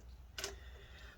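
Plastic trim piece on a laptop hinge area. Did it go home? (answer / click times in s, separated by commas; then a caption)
yes / 0.4 s. A final press on a plastic trim piece at the hinge area of a Dell Inspiron 13 7000 7370 laptop gives a sharp, bright click at 0.4 s against a quiet background hum. The trim clip is confirmed snapped fully into place.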